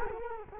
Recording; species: mosquito wingbeat signal from an infrared sensor; Culex quinquefasciatus